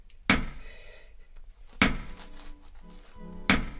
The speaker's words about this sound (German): Seit Stunden klopfe ich jetzt hier vergeblich an diese Mauer.